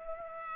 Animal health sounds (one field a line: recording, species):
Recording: mosquito wingbeat signal from an infrared sensor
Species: Culex pipiens